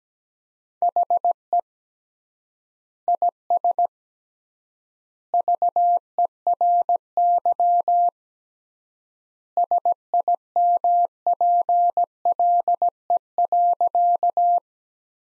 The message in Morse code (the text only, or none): HE IS VERY SIMPLE.